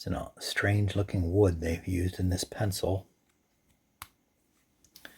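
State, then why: Seated. Someone talks for about three seconds, then the metal cap of a bullet pencil, likely aluminium with a brass-coloured coating, is fitted onto the wooden pencil body. It clicks into place with a sharp snap at 4.0 s, followed by a couple of faint light ticks near the end.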